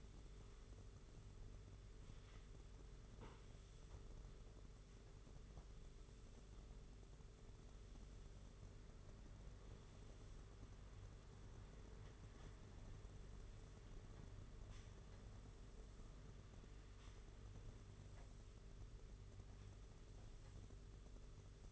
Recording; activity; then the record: daily activity, microphone in the room; sweep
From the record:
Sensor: 4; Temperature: 27.1 degrees Celsius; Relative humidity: 38.3%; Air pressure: 992.2 hPa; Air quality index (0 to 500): 110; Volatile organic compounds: 18 ppm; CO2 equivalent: 2631 ppm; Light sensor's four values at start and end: 23/79/29/31 and 23/79/29/31